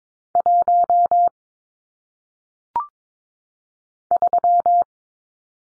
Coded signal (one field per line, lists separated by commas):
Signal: Morse code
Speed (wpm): 22 wpm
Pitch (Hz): 700 Hz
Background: none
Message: 1 3